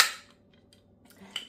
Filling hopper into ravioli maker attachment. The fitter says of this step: I don't think I got it in there right. Hold on. I don't.